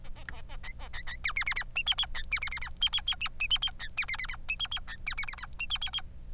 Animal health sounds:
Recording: song of a male Bengalese finch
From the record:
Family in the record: son of father 3

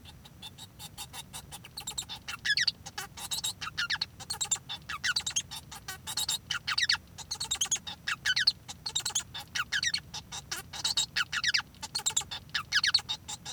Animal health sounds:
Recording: song of a male Bengalese finch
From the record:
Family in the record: son of father 1

